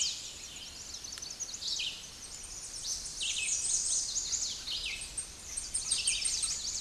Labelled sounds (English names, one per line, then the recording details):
Red-eyed Vireo song
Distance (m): 10 m
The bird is about 5 m above the microphone
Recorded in a Pennsylvania forest on 16 May 2024 at 09:57
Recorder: AudioMoth, point MSD-2112
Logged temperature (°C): 16.3 °C
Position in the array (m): 48 m, 216 m